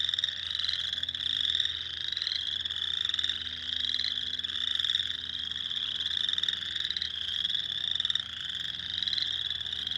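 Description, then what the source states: Spring peepers calling together, a steady shrill chorus of high peeps with rhythmic pulses in loudness throughout. Recorded 2021-04-06.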